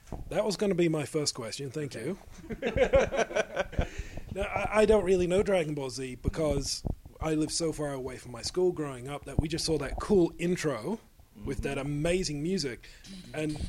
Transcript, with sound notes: That was going to be my first question, thank you. (laughs) I don’t really know Dragonball Z because I lived so far away from my school growing up that we just saw that cool intro with that amazing music, and